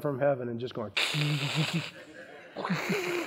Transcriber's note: searing sound